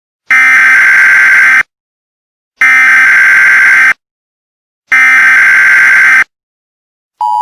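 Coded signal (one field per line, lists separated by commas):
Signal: Emergency Alert System (SAME) tones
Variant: header bursts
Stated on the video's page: Hypothetical EAS scenario recreation made in Vyond, with deliberately non-radio-like tones.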